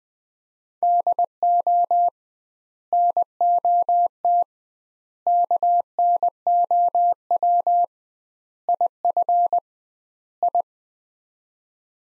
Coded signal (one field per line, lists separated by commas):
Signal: Morse code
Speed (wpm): 20 wpm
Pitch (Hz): 700 Hz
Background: none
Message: DO NOT KNOW IF I